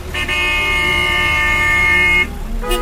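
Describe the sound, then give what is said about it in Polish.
A long, steady car horn blares for about two seconds over a low rumble of congested traffic on a main street in eastern Mosul, where cars struggle to squeeze past each other, then cuts off before a brief second honk starts at the end. “Jedna z głównych ulic we wschodniej części Mosulu. Samochody z trudem przeciskają się obok siebie.”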